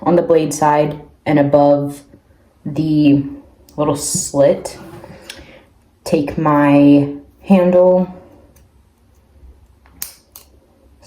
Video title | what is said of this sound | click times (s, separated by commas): Vet School Vlog // 2nd year Vet Student | slide it on hear the click it's locked take it off | 10.0 s